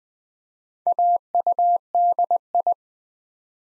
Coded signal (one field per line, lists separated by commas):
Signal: Morse code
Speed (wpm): 20 wpm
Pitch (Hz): 700 Hz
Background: none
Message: AUDI